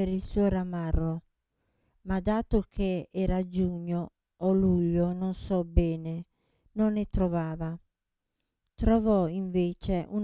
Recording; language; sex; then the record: read passage; Italian; female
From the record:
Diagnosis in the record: Parkinson's disease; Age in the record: 67 years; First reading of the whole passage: 79 s, 6.5 characters per second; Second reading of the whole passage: 74 s, 7.0 characters per second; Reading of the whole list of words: 72 s, 3.9 characters per second